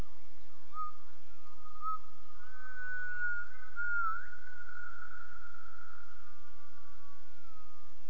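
Gibbon call as a long whistled tone, held for several seconds with small wavering rises and dips in pitch.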